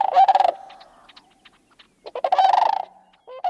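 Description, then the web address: Sandhill crane calls, loud rolling bugling rattles in two long bursts with a third starting, short quieter notes between. Flock gliding over a grassy field at the end of the day's journey on annual spring migration north; bugling call, heard for over a mile, signals the arrival of spring east of the Cascades. "Birdnote. Festival of Sandhill Cranes"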